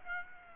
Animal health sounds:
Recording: mosquito wingbeat signal from an infrared sensor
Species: Aedes aegypti

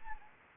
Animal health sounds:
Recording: mosquito wingbeat signal from an infrared sensor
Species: Anopheles gambiae

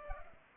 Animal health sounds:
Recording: mosquito wingbeat signal from an infrared sensor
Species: Culex pipiens

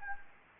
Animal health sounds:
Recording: mosquito wingbeat signal from an infrared sensor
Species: Anopheles gambiae

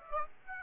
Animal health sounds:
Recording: mosquito wingbeat signal from an infrared sensor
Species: Aedes aegypti

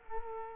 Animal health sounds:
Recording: mosquito wingbeat signal from an infrared sensor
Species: Culex quinquefasciatus

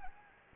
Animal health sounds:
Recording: mosquito wingbeat signal from an infrared sensor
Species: Anopheles gambiae

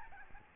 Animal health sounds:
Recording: mosquito wingbeat signal from an infrared sensor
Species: Aedes albopictus

